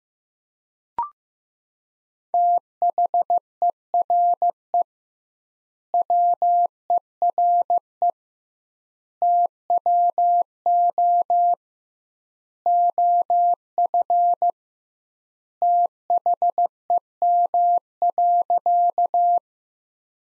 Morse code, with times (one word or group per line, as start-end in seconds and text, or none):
2.3-4.8 THERE
5.9-8.1 WERE
9.2-11.5 TWO
12.7-14.5 OF
15.6-19.4 THEM.